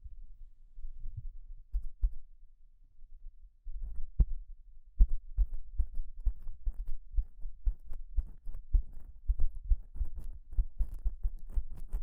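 Gloves being handled make soft low thumps and rubbing sounds. The first few seconds are sparse and quiet, then from about four seconds the taps and crinkles come quicker and denser, with sharper clicks scattered through to the end.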